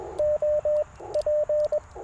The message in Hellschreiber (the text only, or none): none